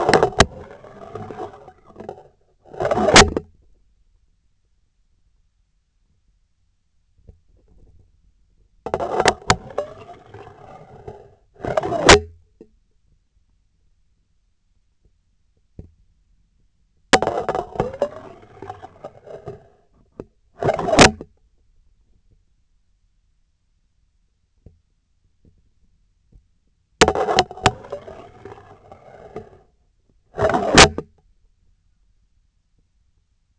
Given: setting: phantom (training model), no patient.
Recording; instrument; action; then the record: laparoscopic instrument, vibration sensor on the handle end; scissors; insertion and removal through the trocar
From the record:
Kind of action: spatial motion